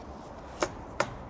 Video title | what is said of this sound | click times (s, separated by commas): LGV - Lorry Driver CPC - Module 4 Test 2023 | pull the lever Down release it all the way up to the top until you hear it click that's open the strap | 0.6 s, 1.0 s